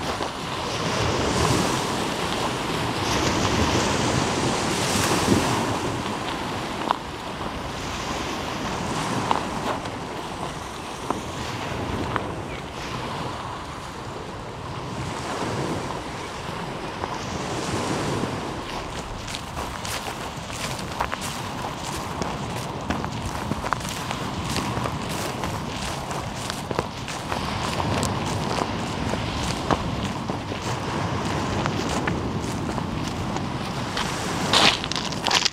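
Waves wash steadily along the coastline, rising and falling in the first half, with rapid crackling ticks and gusts of wind later on.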